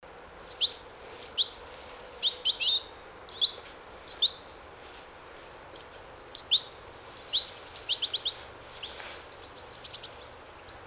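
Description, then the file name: European goldfinch calls: bright, high twittering notes given in short separate bursts, growing into quicker tinkling chatter toward the end. "Carduelis carduelis"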